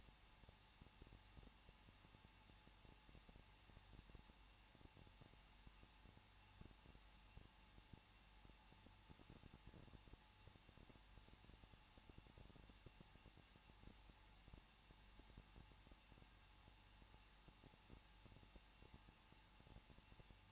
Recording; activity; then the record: daily activity, microphone in the room; no activity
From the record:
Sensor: 1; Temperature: 20.1 degrees Celsius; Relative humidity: 39.2%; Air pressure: 1006.3 hPa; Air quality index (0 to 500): 218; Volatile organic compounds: 77 ppm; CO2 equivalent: 3584 ppm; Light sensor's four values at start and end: 1/2/1/1 and 1/2/1/1